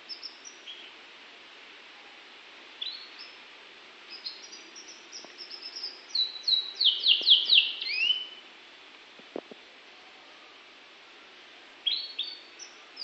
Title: kenari norwich